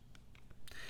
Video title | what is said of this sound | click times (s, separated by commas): So Many New Knives To Check Out - One Is Insane! | so nice positive click there no rattle at all | 0.7 s